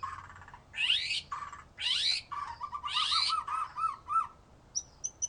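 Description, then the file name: White-rumped shama song with loud harsh rasping blasts between whistled notes, then a rapid trill of low notes and a few high whistles. "murai batu"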